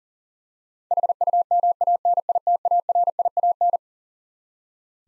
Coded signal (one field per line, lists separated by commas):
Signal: Morse code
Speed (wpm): 37 wpm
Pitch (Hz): 700 Hz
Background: none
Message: HUMANITARIAN